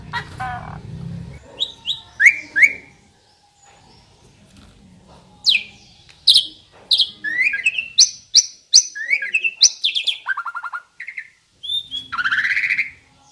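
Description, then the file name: Asian pied starling singing a varied medley of whistles, sharp chips and fast buzzy rattles, rising and falling, with a harsh slurred note near the end. Local Indonesian name jalak suren; described as a champion bird. "suara burung jalak suren juara"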